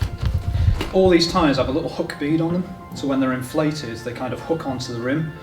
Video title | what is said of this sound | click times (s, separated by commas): How to repair a puncture | So once the tyre's completely flat, if you just go around it and give it a squeeze, can you hear it popping off? | 0.2 s, 0.8 s